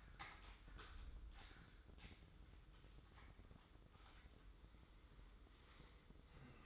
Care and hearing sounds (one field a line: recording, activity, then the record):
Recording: daily activity, microphone in the room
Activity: typing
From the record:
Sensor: 3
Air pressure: 995.3 hPa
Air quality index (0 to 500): 78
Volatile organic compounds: 6 ppm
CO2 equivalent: 1845 ppm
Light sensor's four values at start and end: 20/59/25/22 and 20/59/25/22